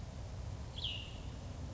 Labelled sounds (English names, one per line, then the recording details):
Cassin's Vireo
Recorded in Sonoma County, California